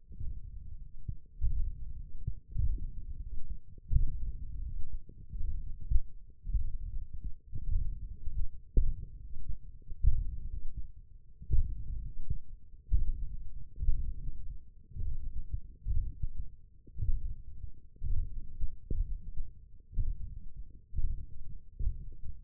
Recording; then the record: forearm muscle sounds (acoustic myography)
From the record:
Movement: finger pinch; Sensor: system 1, eight BSWA MPA416 microphones around the upper forearm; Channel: 1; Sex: male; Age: 21 years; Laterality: right